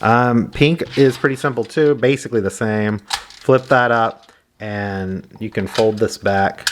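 Someone talks while flipping up and folding back the plastic leg and foot section of the pink zord on a Deluxe Lightspeed Megazord transforming toy robot. The part has not yet clicked into place, so nothing has seated by the end of the clip.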